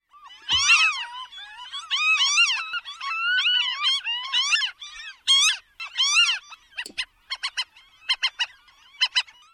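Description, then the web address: Franklin's gull giving a run of nasal, harmonic calls, some rising and falling, then a quicker series of short clipped notes near the end. "Thumbs Plus Zoo Field Guide Repository"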